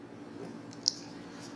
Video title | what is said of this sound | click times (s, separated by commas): Osmo Pocket Evaluation S8V34 | you take the camera here and it just magnetically snaps into place now | 0.9 s